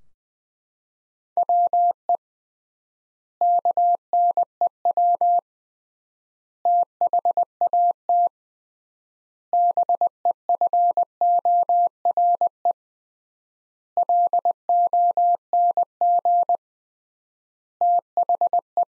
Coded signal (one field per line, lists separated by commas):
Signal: Morse code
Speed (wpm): 20 wpm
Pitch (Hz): 700 Hz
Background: none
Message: WE KNEW THAT BEFORE LONG THE